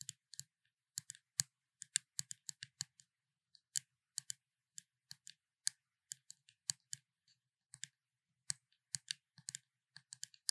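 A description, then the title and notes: Makeup tapping: crisp, bright taps and clicks on hard containers, each a short sharp hit with a soft low thud beneath it. The taps come in quick irregular bursts of two to four, separated by brief silent pauses, continuing steadily throughout. ASMR 美妝用品敲擊聲 | Makeup Tapping | NO Talking.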